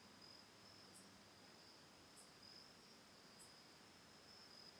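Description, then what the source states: Crickets trilling in a steady high continuous drone, with brief higher chirps repeating about every 1.2 seconds over soft background hiss. Autumn night at a lakeside home on Cayuga Lake, Ithaca, New York, recorded October 10, 2020.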